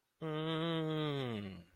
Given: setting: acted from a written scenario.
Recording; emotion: vocal sound without words; interest